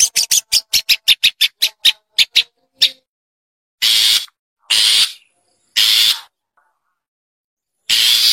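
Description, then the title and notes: Long-tailed Shrike: a rapid string of short clipped notes that slows, followed by a few longer harsh rasping bursts. "Kicau Burung Cendet"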